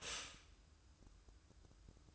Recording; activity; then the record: daily activity, microphone in the room; stop toaster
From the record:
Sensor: 2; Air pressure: 1006.9 hPa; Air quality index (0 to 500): 46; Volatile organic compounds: 1 ppm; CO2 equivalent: 558 ppm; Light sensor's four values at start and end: 7/16/7/7 and 7/16/7/7